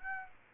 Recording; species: mosquito wingbeat signal from an infrared sensor; Aedes aegypti